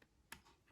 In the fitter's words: that's it click down you could hear the click